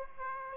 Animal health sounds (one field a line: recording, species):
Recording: mosquito wingbeat signal from an infrared sensor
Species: Aedes aegypti